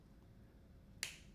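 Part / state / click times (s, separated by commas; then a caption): reversible tab cap onto medicine bottle / partly seated / 1.0 s. A reversed tab cap is turned on a medicine bottle until it gives a single sharp click at 1.0 seconds. Quiet low background noise comes before it, and a short fading tail follows. The cap clicks but is seated wrong.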